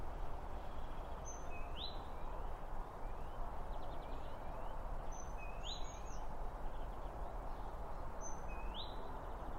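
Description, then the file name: Birds calling with short upslurred whistles and thin high notes, three bouts a few seconds apart, over a steady low rumble. Birds around a bird feeder, recorded with two Line Audio OM1 microphones. "Birds Around Birdfeeding With Two Om 1 From Line Audio"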